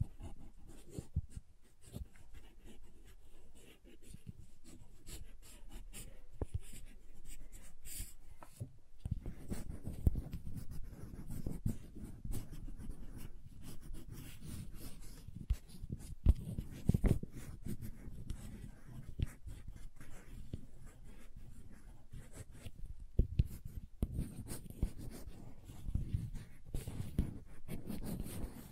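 Crayons scratch and tap across paper in a dense, continuous stream of short strokes, mostly low and dull. Sharp taps pop out now and then, and after about nine seconds the rubbing grows heavier and busier, continuing that way to the end.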